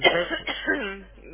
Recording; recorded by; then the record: voluntary cough; telephone call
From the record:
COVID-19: positive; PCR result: checked with the laboratory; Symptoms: yes